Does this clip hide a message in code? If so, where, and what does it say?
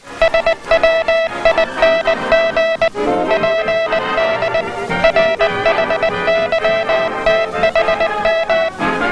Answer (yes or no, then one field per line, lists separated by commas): yes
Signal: Morse code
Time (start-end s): 0.2-8.7 s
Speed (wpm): 19 wpm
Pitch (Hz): 660 Hz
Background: music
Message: SWING PD RHYTHM